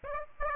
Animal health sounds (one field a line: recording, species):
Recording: mosquito wingbeat signal from an infrared sensor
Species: Aedes aegypti